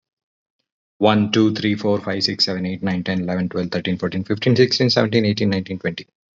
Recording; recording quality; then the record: counting at a fast pace; excellent, no background noise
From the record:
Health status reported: healthy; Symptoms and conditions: fatigue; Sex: male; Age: 39 years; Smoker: not ticked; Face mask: not worn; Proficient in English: yes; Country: India